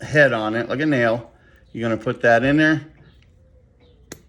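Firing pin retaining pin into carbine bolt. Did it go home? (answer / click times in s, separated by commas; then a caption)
yes / 4.1 s. Someone talks while a small, nail-headed firing pin retaining pin is pressed against its spring into the metal bolt of a Smith & Wesson M&P FPC carbine. After a short quiet stretch, a single sharp snap at 4.1 seconds marks the pin seating in the bolt.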